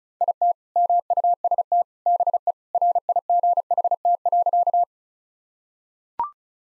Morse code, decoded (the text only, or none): IT MUST BE RIGHT.